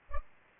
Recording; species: mosquito wingbeat signal from an infrared sensor; Culex pipiens